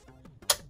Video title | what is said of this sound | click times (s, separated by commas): How to Fix a HomePod that Won't Power On; The Most Common Inside the A1639 | or sorry 90° until we hear it snap down a little bit | 0.5 s